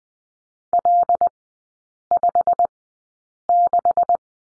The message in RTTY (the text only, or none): none